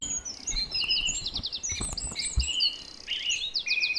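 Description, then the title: Song thrush song: bright, varied whistled and chirpy phrases, several notes repeated in quick runs of three or four, set against a busy chorus of other birds. Recorded at 06h. "Zanglijster 06h Durenne2"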